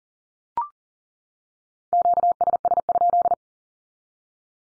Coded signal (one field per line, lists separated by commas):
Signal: Morse code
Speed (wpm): 40 wpm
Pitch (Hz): 700 Hz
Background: none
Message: QSS?